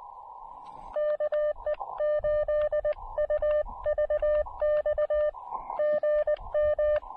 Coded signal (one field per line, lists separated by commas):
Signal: Morse code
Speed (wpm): 19 wpm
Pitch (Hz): 590 Hz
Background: none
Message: KE8UVX GM